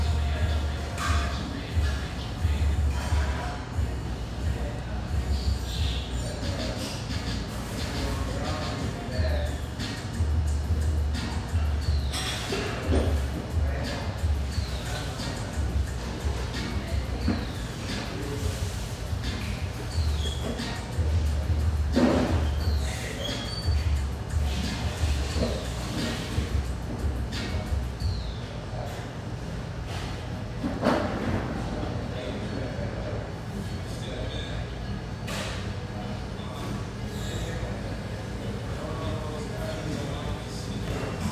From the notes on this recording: musical, upbeat vibe of this café with a view, located in a high rise